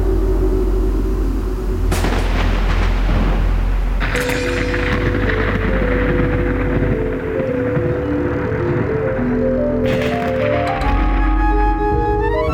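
Booming thunder from a thunderstorm that the Patagonia mail plane is approaching cracks out about three times over a continuous low rumble, with steady sustained musical tones humming underneath; loud throughout and no one speaks.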